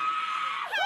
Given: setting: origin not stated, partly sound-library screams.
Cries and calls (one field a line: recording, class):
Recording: one-second piece from a danger detection set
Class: woman in danger